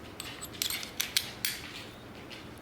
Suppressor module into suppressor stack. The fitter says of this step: I'm going to put this stack back together hear that click that's really really good machining